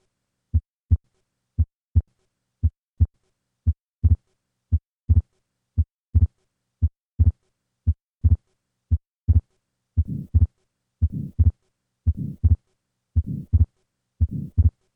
The murmur and fixed splitting of the second heart sound characteristic of an atrial septal defect.